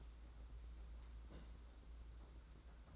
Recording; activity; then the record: daily activity, microphone in the room; place on stove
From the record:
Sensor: 3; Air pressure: 991.9 hPa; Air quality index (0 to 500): 226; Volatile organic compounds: 1000 ppm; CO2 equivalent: 7771 ppm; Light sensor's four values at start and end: 27/80/33/28 and 27/81/33/28